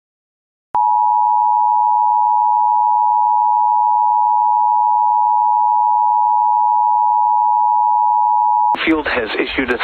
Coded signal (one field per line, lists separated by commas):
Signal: Emergency Alert System (SAME) tones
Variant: 853 and 960 Hz attention tone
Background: speech